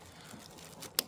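A plastic wiring harness connector on a 2014 to 2019 Kia Soul is pushed firmly onto the tail light assembly until it clicks. After quiet handling noise and a faint tick near 0.5 s, a sharp, bright click sounds at 1.0 s as the connector seats.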